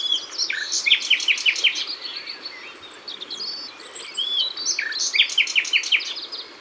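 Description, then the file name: Common nightingale song: two phrases each ending in a run of crisp repeated notes, with softer notes between. Ardèche. "Rossignol-Philomele-Concerts-Naturels-De-l Ardeche"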